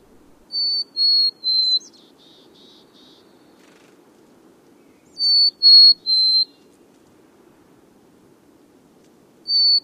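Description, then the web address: Mountain chickadee song: clear high whistled notes in series of three, each slightly lower, given twice with a few fainter lower notes after the first, and a third series beginning at the end. "Know Your Bird Sounds Common Western Species 01-Mountain Chickadee"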